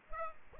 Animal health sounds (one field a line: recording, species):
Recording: mosquito wingbeat signal from an infrared sensor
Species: Culex pipiens